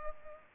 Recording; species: mosquito wingbeat signal from an infrared sensor; Culex pipiens